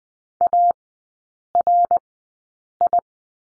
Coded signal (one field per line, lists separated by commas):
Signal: Morse code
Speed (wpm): 20 wpm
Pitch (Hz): 700 Hz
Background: none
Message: ARI